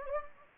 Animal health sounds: mosquito wingbeat signal from an infrared sensor; Anopheles gambiae

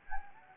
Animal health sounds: mosquito wingbeat signal from an infrared sensor; Anopheles gambiae

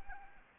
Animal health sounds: mosquito wingbeat signal from an infrared sensor; Anopheles arabiensis

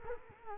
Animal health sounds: mosquito wingbeat signal from an infrared sensor; Culex quinquefasciatus

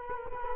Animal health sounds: mosquito wingbeat signal from an infrared sensor; Culex quinquefasciatus

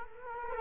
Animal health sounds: mosquito wingbeat signal from an infrared sensor; Culex quinquefasciatus

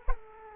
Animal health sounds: mosquito wingbeat signal from an infrared sensor; Culex quinquefasciatus

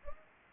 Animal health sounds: mosquito wingbeat signal from an infrared sensor; Anopheles arabiensis

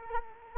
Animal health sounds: mosquito wingbeat signal from an infrared sensor; Culex quinquefasciatus

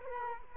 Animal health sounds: mosquito wingbeat signal from an infrared sensor; Culex quinquefasciatus

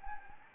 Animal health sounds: mosquito wingbeat signal from an infrared sensor; Anopheles gambiae

